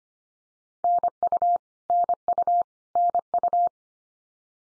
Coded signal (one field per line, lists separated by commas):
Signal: Morse code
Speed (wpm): 25 wpm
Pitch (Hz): 700 Hz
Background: none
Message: NU NU NU